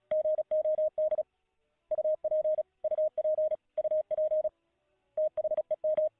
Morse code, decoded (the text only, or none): GOD UP UP UP THEM